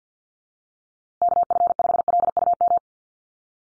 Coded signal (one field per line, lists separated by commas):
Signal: Morse code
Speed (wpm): 50 wpm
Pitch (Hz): 700 Hz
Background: none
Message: KF5LUM